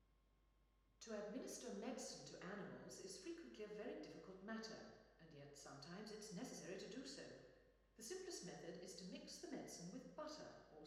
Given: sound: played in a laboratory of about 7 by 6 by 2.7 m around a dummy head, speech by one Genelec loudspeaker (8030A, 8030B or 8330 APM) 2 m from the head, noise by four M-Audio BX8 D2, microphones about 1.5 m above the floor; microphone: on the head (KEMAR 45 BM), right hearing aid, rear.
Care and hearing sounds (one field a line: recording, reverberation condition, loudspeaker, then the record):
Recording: female speech in English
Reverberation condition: high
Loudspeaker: 60 degrees to the right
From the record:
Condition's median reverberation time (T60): about 1300 ms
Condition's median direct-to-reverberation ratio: about -4.0 dB